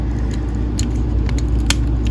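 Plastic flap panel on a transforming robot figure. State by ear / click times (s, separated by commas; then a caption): seated / 1.7 s. A tight plastic flap panel on the other side of a transforming robot action figure is pushed down, with a few small plastic ticks around 0.8, 1.3 and 1.4 s over a steady low hum. At 1.7 s it locks into place with a sharp, soft snap, and the panel is seated.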